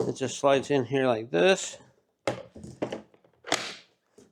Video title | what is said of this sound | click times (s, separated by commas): Cordless Chainsaw & Cordless Leaf Blower Kit I love it! | Just clicks into place like that. | 3.5 s